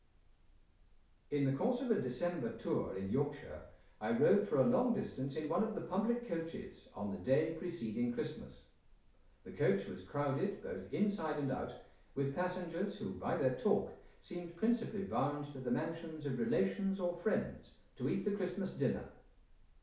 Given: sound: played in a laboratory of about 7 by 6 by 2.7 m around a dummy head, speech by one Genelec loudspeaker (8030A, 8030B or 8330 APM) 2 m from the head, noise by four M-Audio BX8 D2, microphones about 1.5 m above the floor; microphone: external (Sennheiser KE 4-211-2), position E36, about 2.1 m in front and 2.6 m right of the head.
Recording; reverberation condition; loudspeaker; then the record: male speech in English; medium; 60 degrees to the left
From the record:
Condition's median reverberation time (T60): about 510 ms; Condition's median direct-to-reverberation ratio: about -0.5 dB